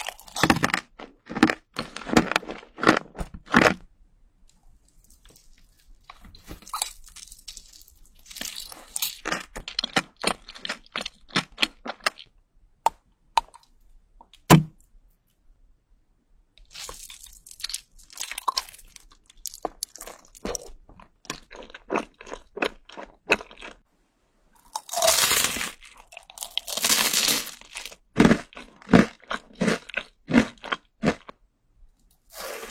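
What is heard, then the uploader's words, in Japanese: Crisp chewing sounds come in rapid bursts of crunching bites, with short quiet pauses around five, fifteen and twenty-four seconds. Some stretches are denser and louder, especially near twenty-five to twenty-seven seconds. 咀嚼音（合集）。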